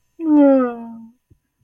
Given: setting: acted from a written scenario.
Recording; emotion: vocal sound without words; sadness